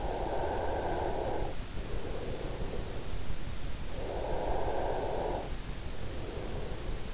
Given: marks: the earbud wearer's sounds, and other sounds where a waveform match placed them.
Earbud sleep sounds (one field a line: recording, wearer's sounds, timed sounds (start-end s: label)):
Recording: sounds in sleep by an in-ear microphone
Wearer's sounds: breath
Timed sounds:
0.00-3.00 s: breath
4.00-7.00 s: breath